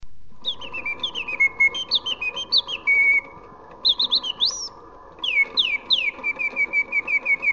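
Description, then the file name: Hummingbird chirps: bright whistled notes sliding down in pitch, in quick runs with short pauses, over a steady low hum. Hummingbirds in a glass dome. "kolibris glasdom"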